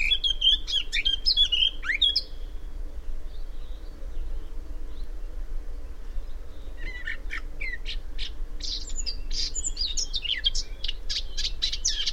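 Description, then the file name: Eurasian blackcap song: a brief bright warble at the start, a long quiet gap, then a run of sharp clicking notes and warbled phrases, with steady low rumble throughout. "Sylvia atricapilla"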